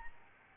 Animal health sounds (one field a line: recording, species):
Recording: mosquito wingbeat signal from an infrared sensor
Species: Aedes albopictus